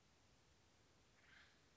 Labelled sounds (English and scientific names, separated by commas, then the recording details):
Acorn Woodpecker (Melanerpes formicivorus)
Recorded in Sonoma County, California